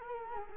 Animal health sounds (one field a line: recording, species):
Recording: mosquito wingbeat signal from an infrared sensor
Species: Culex quinquefasciatus